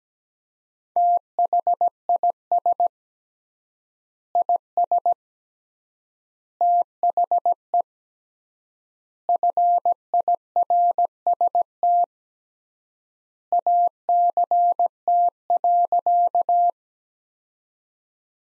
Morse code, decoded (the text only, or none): THIS IS THE FIRST ACT.